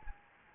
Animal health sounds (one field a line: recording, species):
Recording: mosquito wingbeat signal from an infrared sensor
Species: Anopheles gambiae